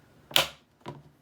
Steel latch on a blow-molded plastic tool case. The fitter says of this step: snaps right into place